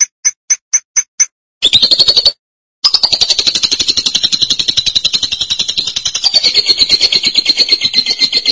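Lovebird song opening with five quick separate chirps, then a short burst of rapid, harsh, buzzy pulses and, after a brief pause, a long continuous stream of them.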